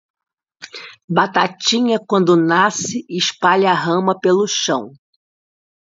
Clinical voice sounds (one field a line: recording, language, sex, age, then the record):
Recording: short text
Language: Brazilian Portuguese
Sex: female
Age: 50 to 59 years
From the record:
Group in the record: control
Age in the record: 54 years